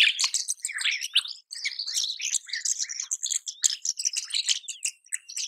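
Rosy starling chatter: unbroken, noisy jumble of clicks, squeaks and grating notes, rapid and restless throughout with only momentary breaks.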